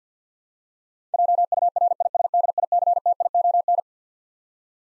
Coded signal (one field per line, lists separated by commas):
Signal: Morse code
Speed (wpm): 45 wpm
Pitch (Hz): 700 Hz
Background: none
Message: JURISDICTION